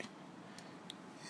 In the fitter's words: Just press down on them. You'll hear a little click